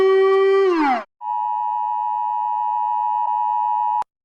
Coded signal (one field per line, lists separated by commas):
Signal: Emergency Alert System (SAME) tones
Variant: 853 and 960 Hz attention tone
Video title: Gatitos reaccionan a EAS del mundo|| Alarmas del mundo con gatitos de fondo Parte 3 🐈